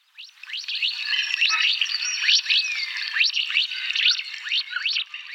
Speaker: Ja, und dann würde ich sagen, lauschen wir nochmal der kleinen süßen Mandarinente, wie sie da rumfiepst.